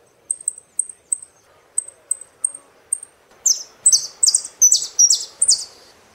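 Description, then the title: Saffron finch song: a steady series of thin high chips, then a loud phrase of rasping, buzzy notes. "Jilguero Argentino"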